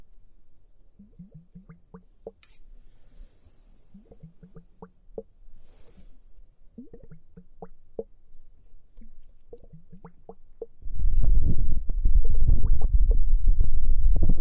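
Foamy bubbles from an hourglass pop and blip softly at first, scattered little wet ticks and short gurgles at an uneven pace. Near the eleventh second the sound jumps louder into a dense, continuous fizzing crackle with a low rumble underneath.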